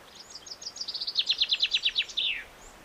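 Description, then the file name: Common chaffinch song, a series of sharp high notes stepping down in pitch, closing with a quick slurred downward flourish. "Fringilla coelebs"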